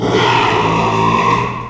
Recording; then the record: squeal of a Yucatan mini pig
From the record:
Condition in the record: after surgery on the right vocal fold (resection and tissue-engineered implant); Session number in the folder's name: 1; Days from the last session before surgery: 6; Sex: male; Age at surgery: 12 weeks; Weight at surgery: 13 kg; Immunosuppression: cyclosporine, prednisolone